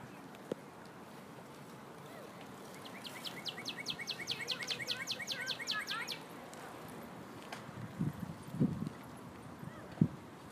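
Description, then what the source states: Goldfinch song: a bright, rapid trill of evenly repeated high notes for about three seconds, against steady background hiss, followed by a few low knocks. Singing; recorded in 2018.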